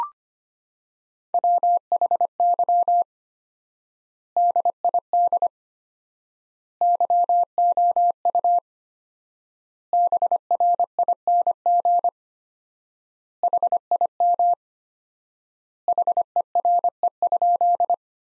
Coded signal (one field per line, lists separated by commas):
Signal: Morse code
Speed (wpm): 25 wpm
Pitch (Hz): 700 Hz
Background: none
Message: WHY DID YOU BRING HIM HERE?